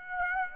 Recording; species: mosquito wingbeat signal from an infrared sensor; Aedes aegypti